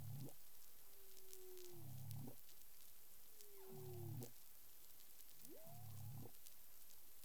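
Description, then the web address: Humpback whale sounds: smooth sliding tonal moans, mostly descending, alternating with low, rough grunts roughly every two seconds, over steady background hiss. Recorded in the Caribbean on 13 February 2021 at 10:11 UTC. "pub CARIMAM clean data humpback whale 20210213 101128 UTC"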